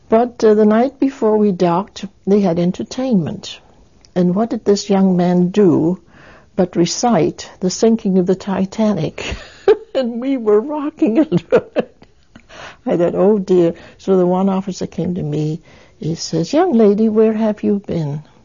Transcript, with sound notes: But the night before we docked, we had entertainment and what did this young man do but recite the "Sinking of the Titanic" (she laughs) and we were rocking and, oh, it, (she laughs) and I thought, "Oh dear." So the one officer came to me and he says, "Young lady, where have you been?"